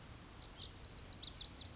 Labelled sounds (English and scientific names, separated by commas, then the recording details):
Lazuli Bunting (Passerina amoena)
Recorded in Sonoma County, California